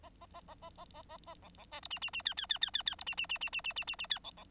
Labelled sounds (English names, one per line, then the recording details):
Bengalese Finch song
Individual Bird9